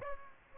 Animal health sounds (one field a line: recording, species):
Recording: mosquito wingbeat signal from an infrared sensor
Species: Aedes aegypti